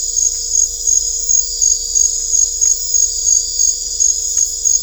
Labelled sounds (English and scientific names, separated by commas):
none